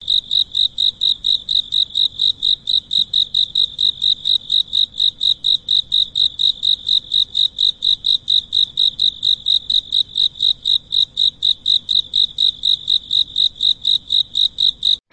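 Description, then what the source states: Cicada calling with rapid, even high pulses repeated several times a second without pause, ending in a brief click. Rustling sound at night.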